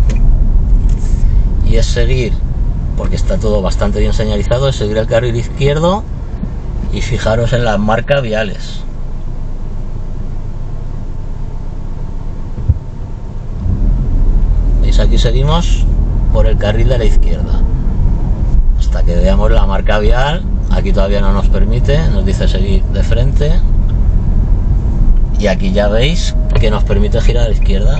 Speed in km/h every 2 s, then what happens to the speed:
15, 3, 0, 0, 0, 0, 0, 11, 18, 16, 20, 21, 21, 18.
0-3 brakes to 0. 3-12 standing. 12-21 pulls away to 21. 21-28 steady at about 21.